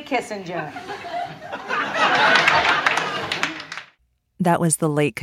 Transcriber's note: laughter